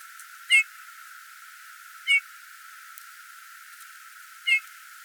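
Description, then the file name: Eurasian bullfinch giving three soft, piping whistled calls, widely spaced, over faint background hiss. "Domherre"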